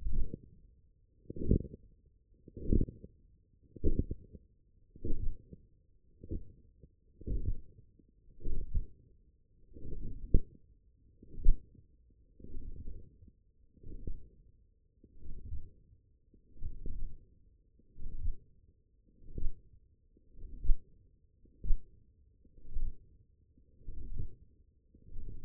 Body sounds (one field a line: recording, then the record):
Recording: forearm muscle sounds (acoustic myography)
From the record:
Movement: forearm supination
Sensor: system 1, eight BSWA MPA416 microphones around the upper forearm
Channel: 5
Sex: male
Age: 21 years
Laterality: right